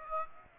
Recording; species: mosquito wingbeat signal from an infrared sensor; Aedes aegypti